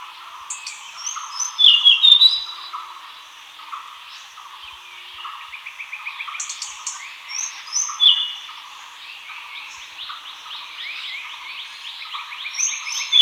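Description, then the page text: Hainan blue flycatcher song: short, sweet warbled phrases given in scattered bursts over a steady background of chirps. "Hainan Blue Flycatcher Song. Quick Sounds"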